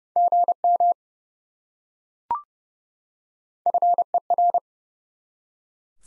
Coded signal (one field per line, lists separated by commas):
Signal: Morse code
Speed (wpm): 32 wpm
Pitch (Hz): 700 Hz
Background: none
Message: GM FER